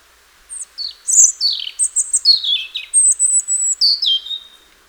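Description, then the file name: European robin song: a run of high, silvery notes dropping in quick trills, ending in a sustained thin whistle and a short falling flourish. "Erithacus rubecula"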